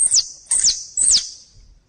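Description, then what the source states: Squirrel chirps: three high, sharp notes sweeping steeply downward, about half a second apart. Thailand.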